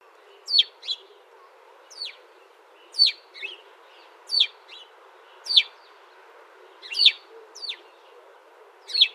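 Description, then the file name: House sparrow chirping: many short, sharp chirps, some doubled, over steady background noise. "Passer domesticus"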